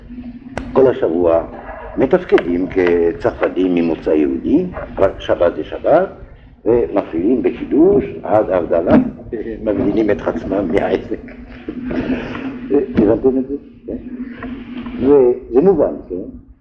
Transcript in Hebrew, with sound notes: כל השבוע מתפקדים כצרפתים ממוצא יהודי, אבל שבת זה שבת ומקפידים בקידוש עד הבדלה ומבדילים את עצמם מהעסק [צחוק]. הבנתם את זה? זה מובן, כן?